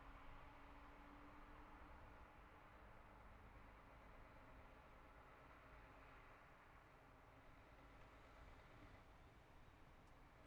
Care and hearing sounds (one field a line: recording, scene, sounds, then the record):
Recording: everyday scene through a hearing-aid microphone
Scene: in traffic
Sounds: traffic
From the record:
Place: city secondary road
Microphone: behind the ear, left, rear